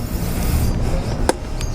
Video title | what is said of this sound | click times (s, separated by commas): PINAKAMALAKAS NA ADV 150 NGAYON! FKM VENTURE 150 FULL REVIEW | maririnig niyo May clicking sound so lalapitan ko para medyo rinig Ayun | 1.3 s